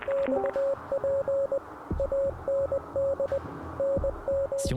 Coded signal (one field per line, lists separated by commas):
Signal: Morse code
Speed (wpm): 20 wpm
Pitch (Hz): 550 Hz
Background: music, radio noise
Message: XP AND NM